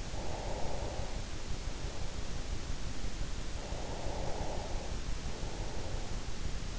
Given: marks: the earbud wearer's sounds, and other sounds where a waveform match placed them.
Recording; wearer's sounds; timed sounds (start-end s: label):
sounds in sleep by an in-ear microphone; breath
0.04-2.60 s: breath
3.59-6.78 s: breath